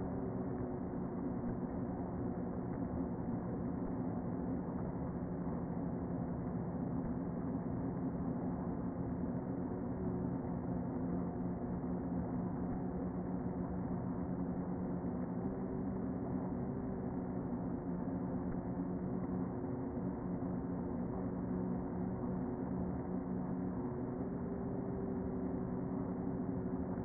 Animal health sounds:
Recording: honeybee colony, microphone inside the hive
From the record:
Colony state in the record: queen present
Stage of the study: before two queens were removed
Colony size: about 60,000 bees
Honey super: yes

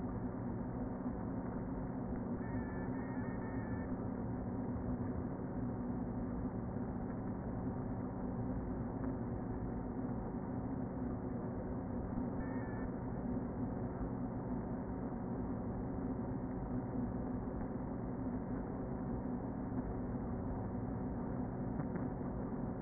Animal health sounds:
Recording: honeybee colony, microphone inside the hive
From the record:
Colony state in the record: queen present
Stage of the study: before two queens were removed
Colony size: about 60,000 bees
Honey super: yes

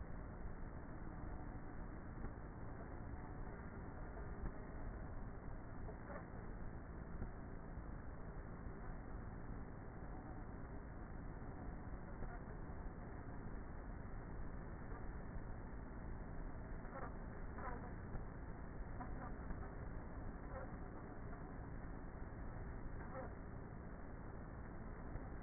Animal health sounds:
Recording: honeybee colony, microphone inside the hive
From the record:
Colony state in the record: queenless with a low population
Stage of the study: before two queens were removed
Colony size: about 30,000 bees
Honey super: no

